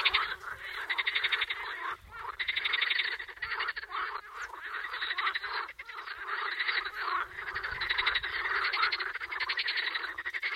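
Edible frog giving long runs of rattling, pulsed croaks that rise and fall in loudness.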